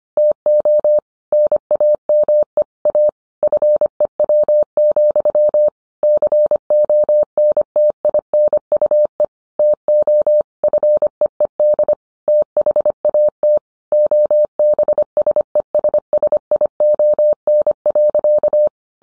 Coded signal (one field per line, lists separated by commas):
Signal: Morse code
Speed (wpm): 25 wpm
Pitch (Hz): 600 Hz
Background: none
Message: TO NAME A FEW, CONTINUE TO FEED THAT OBSESSION.